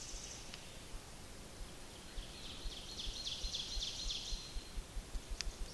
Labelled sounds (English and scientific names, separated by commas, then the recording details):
Ovenbird (Seiurus aurocapilla) song
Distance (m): 95 m
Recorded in boreal forest in Alberta, Canada, on 28 May 2016 at 07:49
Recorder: SongMeter 3, array SBT-3-49
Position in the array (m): 68 m, 263 m
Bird 14